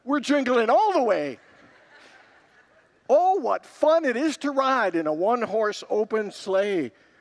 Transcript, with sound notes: we’re jingling all the way. [Congregants laugh] “Oh, what fun it is to ride in a one-horse open sleigh.”